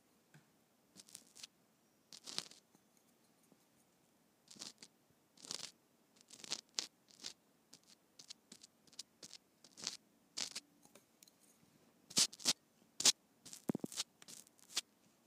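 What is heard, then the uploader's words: Colored pencils scratch and tap in short, irregular strokes with brief quiet gaps between them. The strokes are bright and papery, coming roughly every half second to second, growing busier and sharper after twelve seconds. A faint low hum sits underneath. ASMR Colored Pencils.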